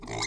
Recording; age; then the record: pig call; weaner (32 to 43 days)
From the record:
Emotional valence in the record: negative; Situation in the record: short isolation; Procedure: open field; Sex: female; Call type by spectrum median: high-frequency call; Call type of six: mixed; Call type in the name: high-frequency modulated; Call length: 0.26 s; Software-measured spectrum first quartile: 869 Hz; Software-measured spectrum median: 2355 Hz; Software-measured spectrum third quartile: 5377 Hz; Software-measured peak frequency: 2086 Hz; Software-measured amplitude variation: 123 dB a second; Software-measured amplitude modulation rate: 24.9 a second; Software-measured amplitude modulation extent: 4.9 dB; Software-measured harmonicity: 1.8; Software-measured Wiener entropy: -3.09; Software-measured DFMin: 1188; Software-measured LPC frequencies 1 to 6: 924, 2113, 3787, 4075, 5243, 6270 Hz